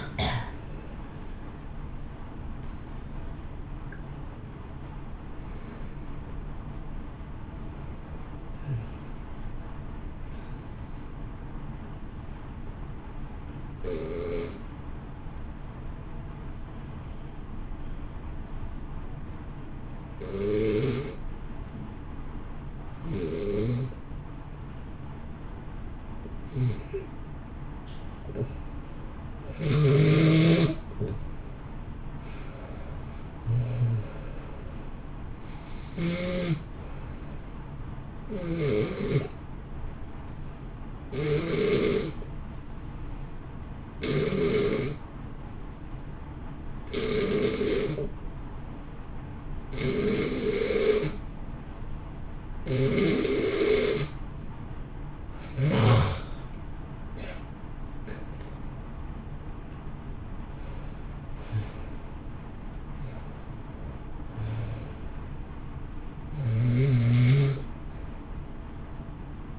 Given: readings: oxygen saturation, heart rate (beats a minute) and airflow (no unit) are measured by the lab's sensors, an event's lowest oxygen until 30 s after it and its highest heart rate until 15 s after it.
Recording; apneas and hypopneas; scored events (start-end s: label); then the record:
breathing in sleep by a smartphone at the bedside; 2
11.00-29.70 s: hypopnea (N1, oxygen 94% highest, then 88% lowest, heart rate 69 at the start, 69 highest)
25.00-55.00 s: new sleep stage, N2 (light sleep)
41.00-57.90 s: hypopnea (N2, oxygen 92% highest, then 86% lowest, heart rate 62 at the start, 71 highest)
55.00-69.59 s: new sleep stage, N1 (lightest sleep)
From the record:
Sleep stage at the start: N1 (lightest sleep); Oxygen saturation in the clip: 84 to 94%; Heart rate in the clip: 57 to 74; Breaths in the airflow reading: 19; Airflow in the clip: -1.4 to 2.3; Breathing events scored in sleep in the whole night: 328 in 6.3 hours asleep